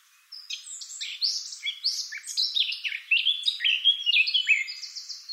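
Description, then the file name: Eurasian blackcap singing a rapid, varied warble that starts abruptly and runs unbroken, a mix of sharp chirps, short slurs and scratchy notes. "Sylvia atricapilla"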